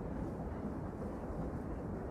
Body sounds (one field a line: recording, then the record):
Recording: background sound without coughing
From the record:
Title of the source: Train Ride Ambience ambient white noise for sleeping, focus, studying, reading